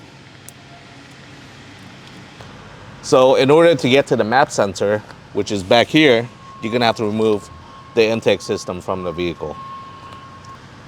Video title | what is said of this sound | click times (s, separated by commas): 3.0L Duramax Chevy Silverado 1500/GMC Sierra 1500 (LZ0) – How to Install Scorcher Power Module | Make sure to close the closing tab so that the connector locks into place. It will not fall out. | 0.5 s